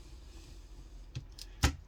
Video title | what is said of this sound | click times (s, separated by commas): losi 22s mid motor mod | and it pops right in just like that | 1.6 s